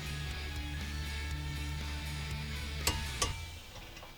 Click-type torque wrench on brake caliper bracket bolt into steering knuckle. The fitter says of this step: until it clicks